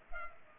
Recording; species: mosquito wingbeat signal from an infrared sensor; Culex pipiens